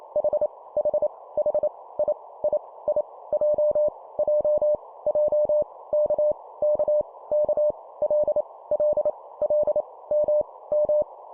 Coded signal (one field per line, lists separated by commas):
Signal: Morse code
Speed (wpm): 28 wpm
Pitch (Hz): 600 Hz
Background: none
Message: H H H I I I J J J K K K L L L M M